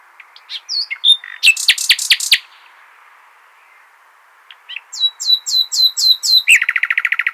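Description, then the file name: Common nightingale singing varied phrases: scattered chirps, a loud rattle of clicking notes, silence, then repeated whistled notes running into a fast buzzy trill. "Luscinia megarhynchos"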